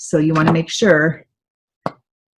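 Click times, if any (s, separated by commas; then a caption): 1.9 s. Someone talks, then after a short silence a plastic cap is pressed onto a glue stick tube and snaps shut with a single short, sharp click at 1.9 seconds. The cap is clicked closed and seated.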